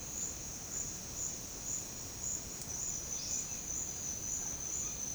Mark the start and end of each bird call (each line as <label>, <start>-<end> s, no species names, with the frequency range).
bird call (3.8-6.9 kHz), 3.16-3.31 s